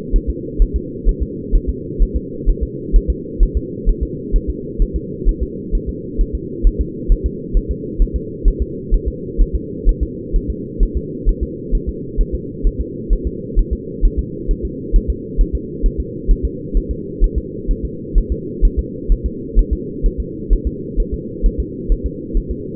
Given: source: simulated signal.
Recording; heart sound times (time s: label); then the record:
fetal heart sounds
0.16 s: S1
0.30 s: S2
0.62 s: S1
0.76 s: S2
1.09 s: S1
1.23 s: S2
1.55 s: S1
1.69 s: S2
2.02 s: S1
2.16 s: S2
2.49 s: S1
2.63 s: S2
2.96 s: S1
3.10 s: S2
3.43 s: S1
3.57 s: S2
3.89 s: S1
4.03 s: S2
4.36 s: S1
4.50 s: S2
4.82 s: S1
4.96 s: S2
5.29 s: S1
5.43 s: S2
5.75 s: S1
5.89 s: S2
6.21 s: S1
6.35 s: S2
6.67 s: S1
6.81 s: S2
7.12 s: S1
7.26 s: S2
7.57 s: S1
7.71 s: S2
8.02 s: S1
8.16 s: S2
8.48 s: S1
8.62 s: S2
8.94 s: S1
9.08 s: S2
9.41 s: S1
9.55 s: S2
9.89 s: S1
10.03 s: S2
10.36 s: S1
10.50 s: S2
10.83 s: S1
10.97 s: S2
11.29 s: S1
11.43 s: S2
11.75 s: S1
11.89 s: S2
12.21 s: S1
12.35 s: S2
12.67 s: S1
12.81 s: S2
13.13 s: S1
13.27 s: S2
13.59 s: S1
13.73 s: S2
14.05 s: S1
14.19 s: S2
14.51 s: S1
14.65 s: S2
14.96 s: S1
15.10 s: S2
15.41 s: S1
15.55 s: S2
15.86 s: S1
16.00 s: S2
16.31 s: S1
16.45 s: S2
16.77 s: S1
16.91 s: S2
17.24 s: S1
17.38 s: S2
17.71 s: S1
17.85 s: S2
18.18 s: S1
18.32 s: S2
18.65 s: S1
18.79 s: S2
19.12 s: S1
19.26 s: S2
19.59 s: S1
19.73 s: S2
20.06 s: S1
20.20 s: S2
20.53 s: S1
20.67 s: S2
21.00 s: S1
21.14 s: S2
21.46 s: S1
21.60 s: S2
21.92 s: S1
22.06 s: S2
22.37 s: S1
22.51 s: S2
From the record:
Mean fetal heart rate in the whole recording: 130 bpm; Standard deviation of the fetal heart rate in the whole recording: 4 bpm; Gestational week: 38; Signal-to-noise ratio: -4.1 dB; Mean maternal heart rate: no maternal heart sound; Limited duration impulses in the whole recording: absent